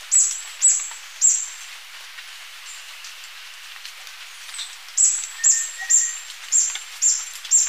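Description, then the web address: Spotted barbtail calling: thin, piercing high notes, each dropping slightly, in two loose series with a pause between, and a soft lower whistle in the background. Ecuador. "Birds of Ecuador. Spotted Barbtail"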